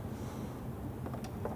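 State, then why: Not seated. A replacement headlight bulb for an Indian Chieftain motorcycle is handled at the back of the headlight lens housing, with its three tabs being lined up with the holes before it is twisted to lock. A steady low rumble runs throughout, with brief soft taps of handling near 1.1 s and 1.5 s. The clip ends before the bulb goes home, so nothing has seated or clicked yet.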